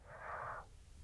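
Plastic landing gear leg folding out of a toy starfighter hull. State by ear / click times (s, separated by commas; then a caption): not seated / none. The third flip-out plastic landing gear leg on a small Micro Galaxy Squadron X-Wing starfighter toy is being flicked up with a fingernail toward its deployed position. A soft, breathy hiss runs through the first 0.6 seconds, then fades into a quiet low rumble. The leg has not snapped into place yet, and no click is heard.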